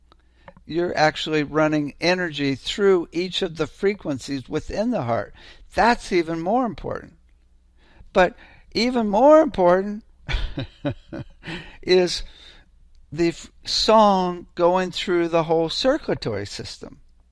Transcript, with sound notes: You're actually running energy through each of the frequencies within the heart. That's even more important. But even more important (laughs) is the f- song going through the whole circulatory system.